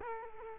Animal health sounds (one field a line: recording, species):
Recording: mosquito wingbeat signal from an infrared sensor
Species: Culex quinquefasciatus